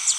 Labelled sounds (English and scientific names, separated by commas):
Blackburnian Warbler (Setophaga fusca) flight call